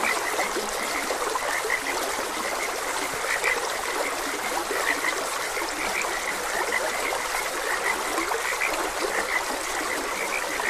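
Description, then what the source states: Frogs croak with brief high-pitched notes at irregular intervals, heard through the steady hiss of a running stream. Frogs croaking beside a gentle stream.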